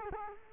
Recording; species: mosquito wingbeat signal from an infrared sensor; Culex quinquefasciatus